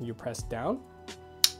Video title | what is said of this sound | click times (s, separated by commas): Battle of Camera Straps: Peak Design Slide Lite vs Ulanzi Falcam vs PGYTech | and it clicks in place and this thing is not going anywhere | 1.4 s